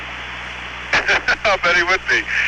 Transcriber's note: laughter